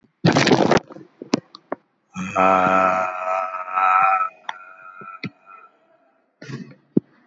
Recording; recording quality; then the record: sustained vowel as in made; moderate, slight background noise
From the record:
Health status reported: COVID-19 positive, mild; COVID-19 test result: positive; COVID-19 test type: RT-PCR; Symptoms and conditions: cough, fever, muscle pain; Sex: male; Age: 83 years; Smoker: no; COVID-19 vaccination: both doses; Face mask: not worn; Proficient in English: yes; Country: India